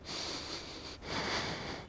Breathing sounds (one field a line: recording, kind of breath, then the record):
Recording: one breath in and out by a microphone near the nose and mouth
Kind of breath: deep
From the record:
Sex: male